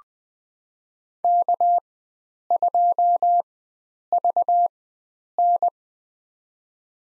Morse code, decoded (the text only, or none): K2VN